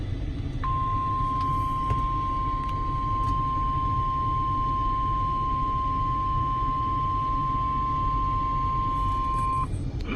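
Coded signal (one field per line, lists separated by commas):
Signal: Emergency Alert System (SAME) tones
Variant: 1050 Hz attention tone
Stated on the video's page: NOAA All Hazards Radio alerts for severe thunderstorms on a humid day.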